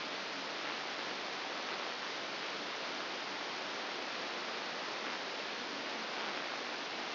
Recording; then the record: brain microelectrode recording played as sound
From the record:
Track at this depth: outside the subthalamic nucleus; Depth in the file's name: 5.701 mm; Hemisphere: left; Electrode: 2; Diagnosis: Parkinson's disease